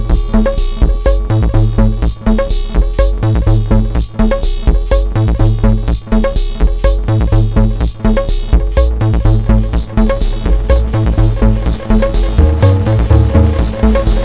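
Hard blips strike in a steady, fast pattern over sustained low and mid tones, with thick low thumps and constant dense hiss throughout.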